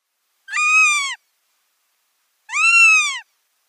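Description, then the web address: Northern goshawk calls: two drawn-out, harmonic-rich wailing notes, each under a second, rising slightly then falling, separated by a pause of just over a second. Nestlings. "Schulze Peter Goshawk nestlings"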